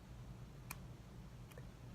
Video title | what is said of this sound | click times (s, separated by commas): Rekovelle -Your IVF Nurse | you may have heard it'll click listen now | 0.7 s